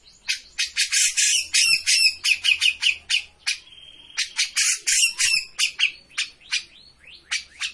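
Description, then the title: Grey-cheeked bulbul song, a rapid, harsh, chattering stream of notes with a brief steady whistled tone in the middle. Bird-training master recording (masteran) of a cucak jenggot in full song (gacor). "Cucak Jenggot Gacor. Masteran burung cucak jenggot ! Suaka burung"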